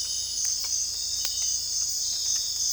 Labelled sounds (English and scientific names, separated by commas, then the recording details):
none
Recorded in dense forest near Puerto Asís, Putumayo, Colombia, on 26 December 2024 at 04:30
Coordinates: 0.485, -76.318
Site GP03